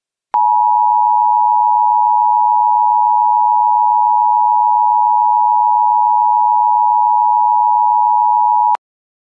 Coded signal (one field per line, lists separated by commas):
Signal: Emergency Alert System (SAME) tones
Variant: 853 and 960 Hz attention tone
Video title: eas and eas and eas